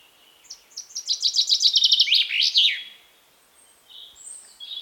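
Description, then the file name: Common chaffinch singing one full phrase, a series of rapid repeated notes closing with an emphatic flourish, then faint high whistles. "Fringilla coelebs"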